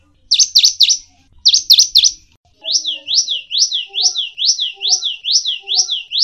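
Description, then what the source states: Bird song: two bursts of three sharp, high V-shaped chirps, then a steady run of high sweeping notes. Master song used to train songbirds.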